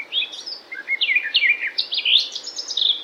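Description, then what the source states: Garden Warbler song, a rapid warbling stream of twittering notes flowing without pauses. Featured as bird of the week; a bird more often heard than seen and easily overlooked.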